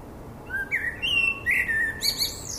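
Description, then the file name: Common blackbird song: a low fluted warble sliding upward, then a burst of thin, squeaky high twittering at the end. "Turdus merula"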